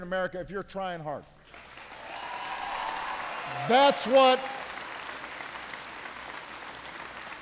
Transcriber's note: applause